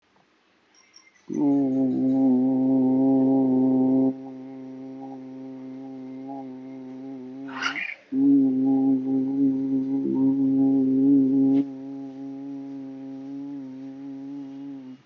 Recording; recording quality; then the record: sustained vowel as in boot; moderate, slight background noise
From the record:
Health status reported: COVID-19 positive, mild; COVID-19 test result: positive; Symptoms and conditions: fever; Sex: male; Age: 55 years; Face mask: worn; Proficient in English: yes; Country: India